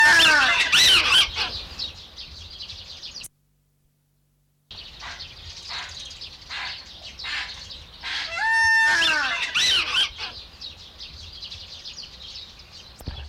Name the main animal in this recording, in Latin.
Cynomys gunnisoni